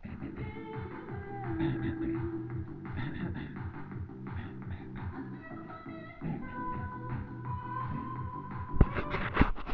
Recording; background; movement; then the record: throat clearing; music; sitting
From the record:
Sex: male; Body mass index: 23.7 kg/m2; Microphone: on the chest, facing the body